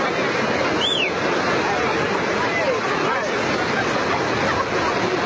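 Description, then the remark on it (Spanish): Steady, loud rushing of river water as people wade across the river fills the whole stretch with a dense, unbroken wash, while faint murmuring voices and a brief high whistle-like cry surface now and then. “Todo el mundo va a pasar del río, pero igual se ríe.”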